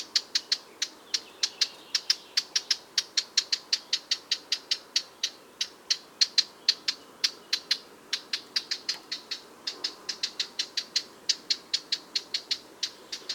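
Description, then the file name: Eurasian blackcap giving a long rapid string of hard tac clicks, several per second, with only brief pauses. "Sylvia atricapilla"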